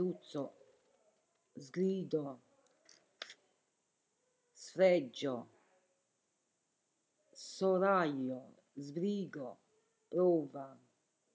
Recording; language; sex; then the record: read list of words; Italian; female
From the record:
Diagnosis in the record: healthy control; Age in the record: 70 years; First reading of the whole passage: 149 s, 3.0 characters per second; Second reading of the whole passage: 105 s, 4.4 characters per second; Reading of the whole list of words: 65 s, 4.0 characters per second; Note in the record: marked for poor recording quality or reading difficulty